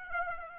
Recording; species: mosquito wingbeat signal from an infrared sensor; Aedes aegypti